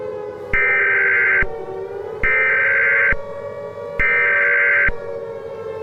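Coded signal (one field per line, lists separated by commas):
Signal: Emergency Alert System (SAME) tones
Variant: header bursts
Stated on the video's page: Fictional EAS scenario; simulated alert tones, not a real activation.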